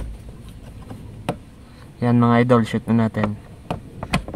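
A speedometer cable end with its plastic clip is handled at its socket on a Mitsubishi Adventure, ready to be pushed in. Short, sharp handling taps come at about 1.3, 3.7 and 4.1 s, and someone talks from about 2.0 to 3.5 s. Nothing has seated or clicked into place yet.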